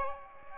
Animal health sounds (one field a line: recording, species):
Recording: mosquito wingbeat signal from an infrared sensor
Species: Aedes aegypti